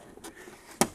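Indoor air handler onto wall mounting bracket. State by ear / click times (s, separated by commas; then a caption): seated / 0.8 s. A MrCool DIY ductless mini split indoor air handler is hooked onto the top of its wall mounting bracket and slid down into place. A faint knock at 0.2 s leads to a sharp, loud click at 0.8 s as the unit seats onto the bracket.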